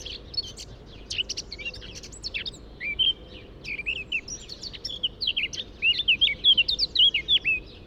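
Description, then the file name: Eurasian blackcap singing a hurried warble of scratchy and whistled notes that grows louder toward the end. "Sylvia atricapilla"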